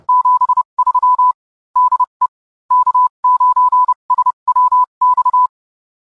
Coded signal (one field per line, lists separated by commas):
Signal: Morse code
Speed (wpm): 30 wpm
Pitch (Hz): 1000 Hz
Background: none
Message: 73 DE K9SWX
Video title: K9SWX - Mobile Ham Radio Setup